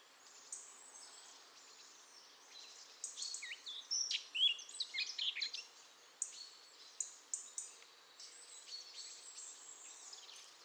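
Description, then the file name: Eurasian blackcap song, a run of high, rapid, scratchy warbled phrases with sharp chirps, loudest in the middle and sparser toward the end, over a steady background hiss. "Sylvia atricapilla"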